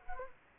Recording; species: mosquito wingbeat signal from an infrared sensor; Culex quinquefasciatus